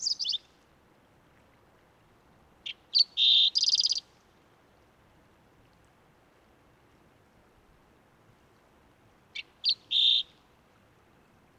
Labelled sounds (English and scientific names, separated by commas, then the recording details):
Green-tailed Towhee (Pipilo chlorurus) song
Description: Green-tailed Towhee song recorded on the Cub Lake Trail in Rocky Mountain National Park
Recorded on 29 May 2017